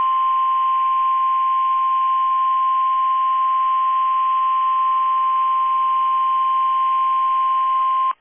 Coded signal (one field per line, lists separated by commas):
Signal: Emergency Alert System (SAME) tones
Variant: 1050 Hz attention tone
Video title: NWR Tests & Arizona RMT (EAS #1231-#1239)